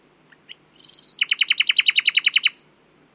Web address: owen Common Nightingale (Luscinia megarhynchos)